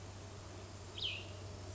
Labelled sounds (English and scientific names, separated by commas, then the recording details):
Cassin's Vireo (Vireo cassinii)
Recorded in Sonoma County, California